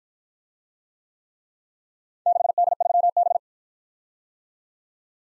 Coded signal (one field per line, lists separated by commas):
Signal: Morse code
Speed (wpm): 54 wpm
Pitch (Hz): 700 Hz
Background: none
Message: 6D3B